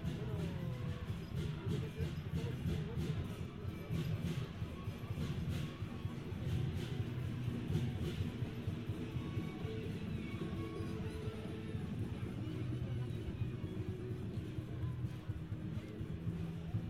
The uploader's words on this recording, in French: Petit reportage de la célébration du nouvel an chinois dans Paris.